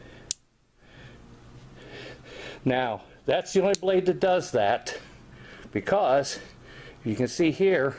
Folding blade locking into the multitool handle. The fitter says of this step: but let's go back listen you hear it lock into that other position